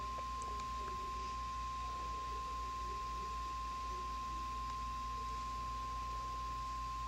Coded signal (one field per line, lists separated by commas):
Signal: Emergency Alert System (SAME) tones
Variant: 1050 Hz attention tone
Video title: i have a cold so reacting to some eas scenarios